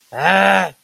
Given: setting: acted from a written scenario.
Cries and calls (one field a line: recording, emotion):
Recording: vocal sound without words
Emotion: anger